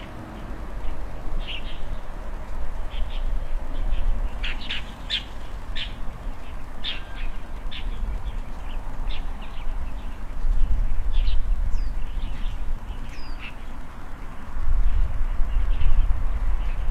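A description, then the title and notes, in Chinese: Birds chirp and call in front of a country house, with short bright notes scattered throughout, clustering around the middle and thinning toward the end. A steady low rumble sits underneath, swelling louder near eleven seconds and again in the last two seconds, like passing traffic or wind. 乡间屋前鸟儿欢快嬉闹中。清晨起床，推开窗户，只见鸟儿嬉闹于枝头，一片和谐与安静。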